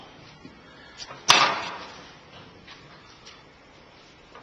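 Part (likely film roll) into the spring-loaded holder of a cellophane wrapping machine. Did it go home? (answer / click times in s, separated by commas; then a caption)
yes / 1.3 s. A part is fitted into the spring-loaded holder on the right side of a cellophane wrapping machine. It drops into place with a single loud, sharp knock at 1.3 s that rings briefly before fading into a quiet background. The part seats in the holder.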